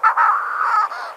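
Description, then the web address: Manx shearwater giving a harsh, raspy call lasting about a second, fairly level in pitch before fading. "Schulze Peter Manx Shearwater"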